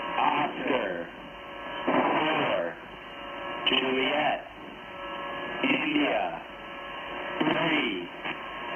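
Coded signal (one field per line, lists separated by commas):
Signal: coded military voice message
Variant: Emergency Action Message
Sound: radio voice reading short evenly spaced phonetic characters through hiss and hum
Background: radio static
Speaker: I say again so that was an emergency action message that's a nuclear attack option they're broadcasted by the Pentagon on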